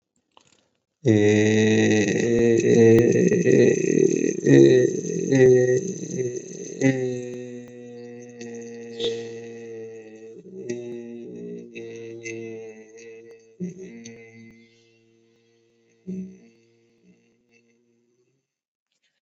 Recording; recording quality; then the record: sustained vowel as in made; excellent, no background noise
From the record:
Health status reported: COVID-19 positive, mild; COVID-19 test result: positive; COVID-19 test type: RT-PCR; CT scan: not taken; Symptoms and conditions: cough, cold, sore throat, fatigue, muscle pain, diarrhoea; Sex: male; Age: 25 years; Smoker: no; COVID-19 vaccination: both doses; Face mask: not worn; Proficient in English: yes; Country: India